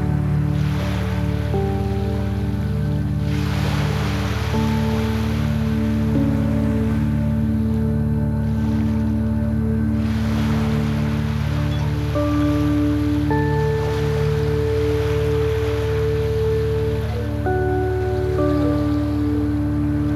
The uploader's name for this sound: Soft Chimes and Waves